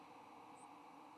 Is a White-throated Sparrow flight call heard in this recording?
no